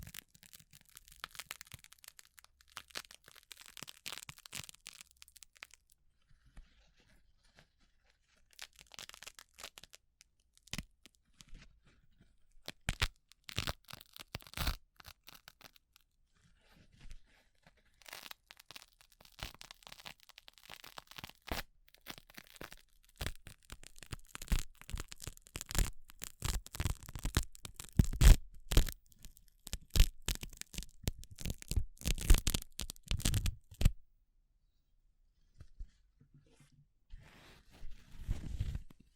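Gloves being handled, with irregular crinkling, rubbing and tearing-like rustles that come in dense bursts and brief gaps. Activity is sparse early, grows busier from about 18 to 34 seconds with sharp cracks, and ends with a few low thumps.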